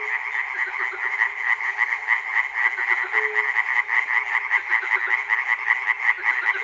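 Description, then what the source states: Frog chorus with overlapping rattling croaks in uneven pulses, and a brief hum near the middle. Recorded at Chernobyl.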